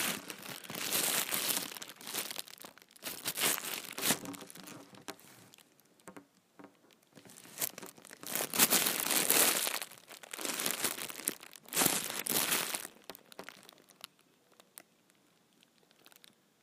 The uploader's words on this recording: ASMR Big Ol Trash Bag.